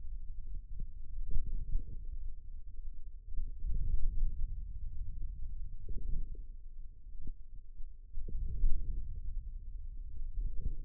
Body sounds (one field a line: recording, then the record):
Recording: forearm muscle sounds (acoustic myography)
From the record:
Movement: hand closing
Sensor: system 2, bracelet of six BSWA MPA416 microphones around the upper forearm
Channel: 4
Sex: male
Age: 22 years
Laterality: right